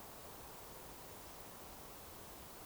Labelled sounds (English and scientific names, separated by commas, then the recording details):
Eurasian Woodcock (Scolopax rusticola) whistle
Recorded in Baden-Württemberg, Germany, on 12 June 2020 at 20:23 UTC
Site 43791, 788 m above sea level